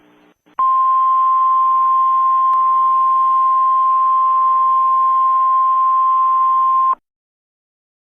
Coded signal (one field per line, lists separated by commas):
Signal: Emergency Alert System (SAME) tones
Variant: 1050 Hz attention tone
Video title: EAS Tv Screen Prank Template